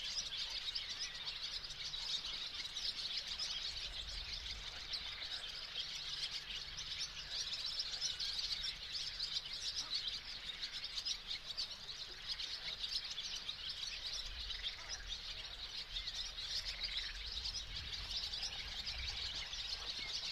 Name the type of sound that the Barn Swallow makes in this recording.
song